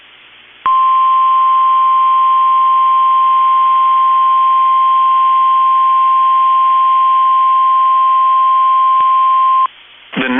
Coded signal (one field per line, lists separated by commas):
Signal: Emergency Alert System (SAME) tones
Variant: 1050 Hz attention tone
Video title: Wisconsin Severe Storm Outbreak (EAS #955-970) 7/28/21